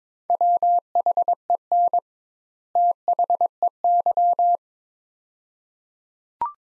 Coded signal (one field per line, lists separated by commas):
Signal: Morse code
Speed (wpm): 22 wpm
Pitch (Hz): 700 Hz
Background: none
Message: WHEN THEY